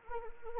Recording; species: mosquito wingbeat signal from an infrared sensor; Anopheles arabiensis